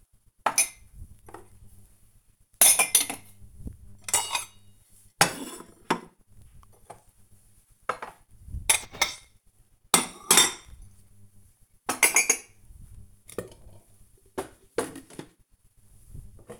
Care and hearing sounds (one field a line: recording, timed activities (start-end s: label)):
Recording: household activities, microphone on the right wrist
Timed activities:
0.00-16.60 s: putting away the dishes